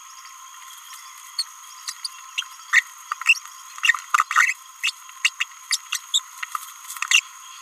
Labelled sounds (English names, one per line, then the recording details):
Green-rumped Parrotlet babbling
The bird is a male
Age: 29 days
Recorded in a nest box in Venezuela
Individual 17B31A1